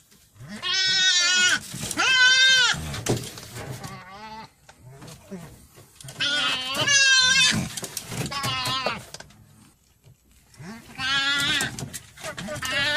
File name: Nutria